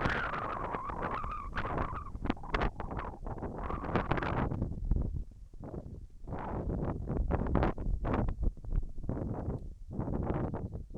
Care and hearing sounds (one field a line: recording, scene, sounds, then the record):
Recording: everyday scene through a hearing-aid microphone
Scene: wind on the microphone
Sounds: wind, whistling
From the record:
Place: in front of a rural house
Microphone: behind the ear, left, rear